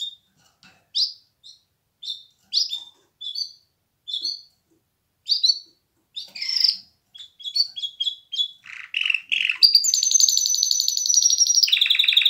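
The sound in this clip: Canary song: short chip notes repeated in bursts, then a buzzy passage leading into a long, fast, high trill that drops to a lower rolling trill.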